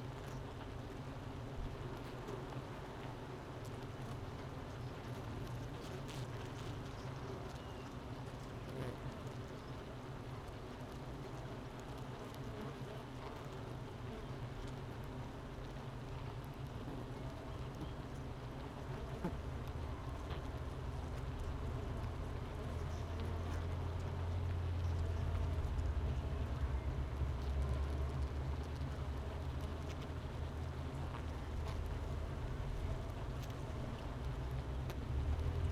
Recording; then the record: honeybee colony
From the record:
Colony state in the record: missing queen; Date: 31 May 2018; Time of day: 9:30